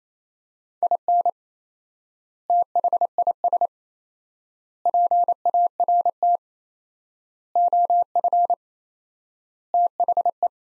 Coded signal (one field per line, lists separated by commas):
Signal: Morse code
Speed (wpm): 28 wpm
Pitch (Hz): 700 Hz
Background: none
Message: IN THIS PART OF THE